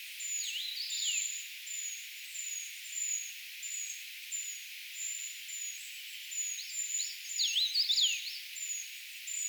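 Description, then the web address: Eurasian treecreeper calls: a steady string of thin, very high squeaks, twice broken by louder falling swoops. Brood of young calling, recorded 4 June 2025; identification given as tentative. "paivat 4 6 2025 tietaakseni puukiipijapesueen aantelya"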